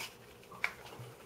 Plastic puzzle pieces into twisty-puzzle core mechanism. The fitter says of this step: then they will snap into place so there we go that